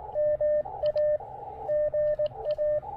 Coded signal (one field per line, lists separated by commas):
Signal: Morse code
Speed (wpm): 18 wpm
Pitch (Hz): 560 Hz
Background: radio noise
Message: MA GA